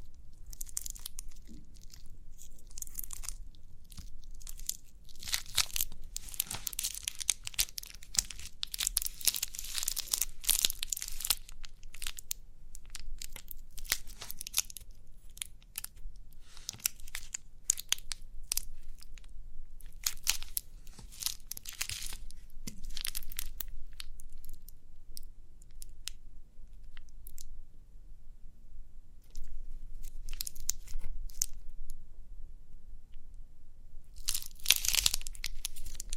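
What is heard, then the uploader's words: Crinkly, crunchy rustling comes in irregular bursts, bright and crackly, with the busiest stretch around 5 to 11 seconds and more clusters near 16 to 23, 30 to 32 and the final seconds. Quieter gaps fall between them over a faint low hum. Crinkly Pimple Popping.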